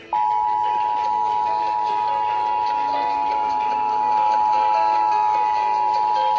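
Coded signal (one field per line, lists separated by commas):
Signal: Emergency Alert System (SAME) tones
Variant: 853 and 960 Hz attention tone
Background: music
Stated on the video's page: Required Monthly Tests from Kitsap County DEM relayed by FM and AM broadcast stations, the 155.475 MHz Washington State EAS Relay Network, and NOAA Weather Radio on 162.550/162.425 MHz.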